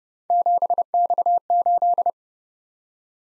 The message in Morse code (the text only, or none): 7X8